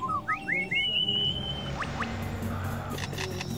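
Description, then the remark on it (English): A male bird gives a few quick rising whistles, then imitates a camera shutter with a series of sharp mechanical clicks over a steady low rumble. “That was a camera shutter.”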